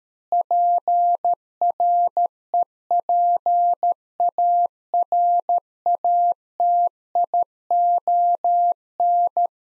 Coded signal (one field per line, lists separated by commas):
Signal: Morse code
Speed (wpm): 13 wpm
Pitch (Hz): 700 Hz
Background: none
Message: PREPARATION